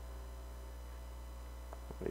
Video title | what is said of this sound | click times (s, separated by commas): Como Montar Cilindro e Cabeçote das motos 125 Honda 82 a 99 TESTE NO FINAL DO VIDEO | Trava no lugar, bonitinho. | 2.1 s